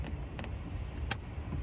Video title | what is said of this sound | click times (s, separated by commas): How To Install A Oil Catch Can On A 2018 F150 5.0 - Step By Step Tutorial | and you hear the click | 1.1 s